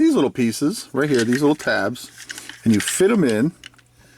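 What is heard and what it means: Someone talks while handling small plastic oar tabs meant to be pushed into the sockets in the hand of a figure from a 2002 McDonald's McBoat Happy Meal toy set. Two faint plastic taps follow at about 3.8 and 3.9 seconds, but nothing has seated or snapped into place yet.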